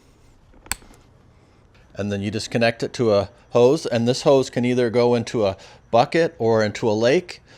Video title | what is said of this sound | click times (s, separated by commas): ZixDeNex Cordless Pressure Washer First Impressions | You want to make sure you hear it click, otherwise it's going to spray everywhere. | 0.7 s